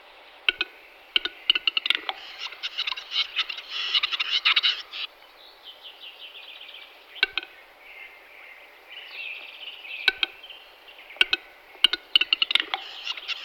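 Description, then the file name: Western capercaillie display, sharp dry clicks spaced unevenly, then bursts of dense scratchy, hissing notes, a quieter wavering stretch, and more clicks with renewed scraping at the end. "tetřev-hlušec"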